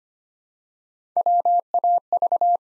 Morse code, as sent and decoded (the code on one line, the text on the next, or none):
.-- .- ...-
WAV